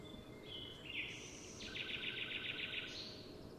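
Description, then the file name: Eurasian wren song: a few high sharp notes, then a fast rattling trill of rapidly repeated notes lasting about a second, ending in a thin high phrase, with steady background hiss. "Troglodytes troglodytes"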